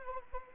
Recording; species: mosquito wingbeat signal from an infrared sensor; Anopheles arabiensis